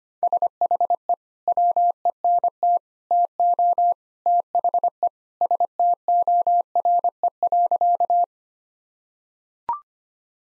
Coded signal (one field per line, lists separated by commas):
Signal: Morse code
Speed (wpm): 25 wpm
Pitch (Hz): 700 Hz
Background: none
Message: SHE WENT TO THE STORE.